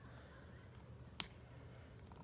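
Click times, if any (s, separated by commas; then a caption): 1.2 s. After several tries, a swappable plastic accessory part is pushed onto an action figure's peg, with one sharp click at 1.2 s over a low steady background hum. Two much fainter ticks follow near 2.1 and 2.2 s. The part is seated all the way in.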